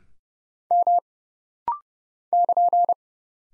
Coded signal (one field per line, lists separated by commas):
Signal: Morse code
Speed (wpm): 30 wpm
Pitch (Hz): 700 Hz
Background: none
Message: M <KN>